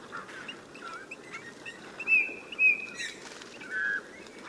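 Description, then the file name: Eurasian bullfinch giving soft, piping whistled calls, three louder short notes in the last half, fainter notes earlier, over a steady background hiss. "Pyrrhula pyrrhula"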